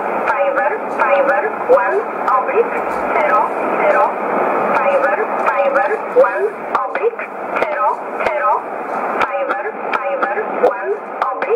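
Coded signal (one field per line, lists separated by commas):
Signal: numbers station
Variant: E11, English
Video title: 25 08 2015 Numbers Station E11 in English 1925 on 11581 USB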